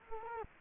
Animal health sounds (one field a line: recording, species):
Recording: mosquito wingbeat signal from an infrared sensor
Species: Culex quinquefasciatus